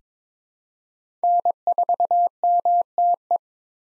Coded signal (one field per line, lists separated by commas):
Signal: Morse code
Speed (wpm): 22 wpm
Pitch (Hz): 700 Hz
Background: none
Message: N4MTE